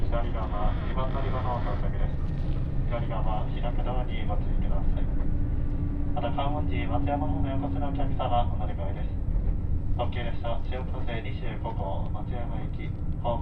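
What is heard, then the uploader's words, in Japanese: A ride on the Dosan Line limited express Nanpu, Awa-Ikeda to Tadotsu, with a steady low rumble of the train running throughout. Spoken voices come and go in bursts over the rumble, and a faint steady hum rises briefly near the middle. 土讃線特急南風26号 阿波池田→多度津。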